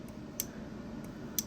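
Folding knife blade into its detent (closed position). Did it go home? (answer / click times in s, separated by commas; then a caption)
yes / 0.4 s, 1.4 s. A folding knife's blade is snapped by hand into its ball detent in the closed position, giving two sharp, bright clicks at 0.4 s and 1.4 s over a low, steady background hum. The detent is firm and sticky, and the blade seats into it closed.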